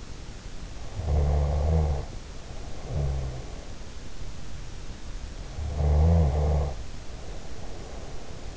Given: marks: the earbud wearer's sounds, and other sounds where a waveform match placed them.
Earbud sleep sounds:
sounds in sleep by an in-ear microphone; snoring breath
0.95-3.70 s: snoring breath
5.44-8.57 s: snoring breath

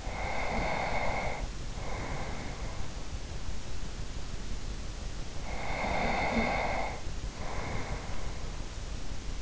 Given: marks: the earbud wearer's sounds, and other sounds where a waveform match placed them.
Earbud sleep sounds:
sounds in sleep by an in-ear microphone; breath
0.00-2.91 s: breath
5.43-8.69 s: breath

